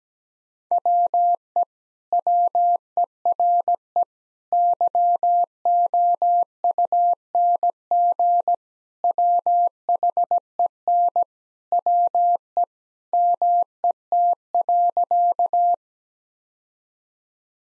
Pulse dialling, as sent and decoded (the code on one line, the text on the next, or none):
none